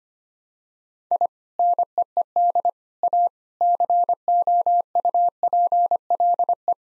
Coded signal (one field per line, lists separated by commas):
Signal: Morse code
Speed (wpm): 25 wpm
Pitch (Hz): 700 Hz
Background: none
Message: I NEED A COUPLE